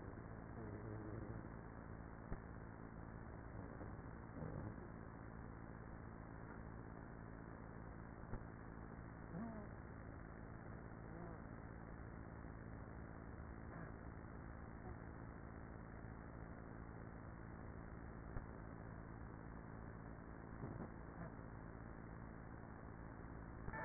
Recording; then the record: honeybee colony, microphone inside the hive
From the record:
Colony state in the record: queenless with a low population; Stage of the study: after two queens were removed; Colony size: about 30,000 bees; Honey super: no